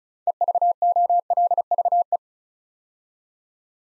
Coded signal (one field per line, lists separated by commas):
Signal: Morse code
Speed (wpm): 36 wpm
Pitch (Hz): 700 Hz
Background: none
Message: EVOLVE